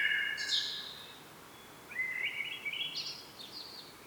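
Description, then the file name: Common blackbird giving a brief warbled phrase with a high twittering tail, followed by a softer rising phrase with squeaky upper notes. "Turdus merula"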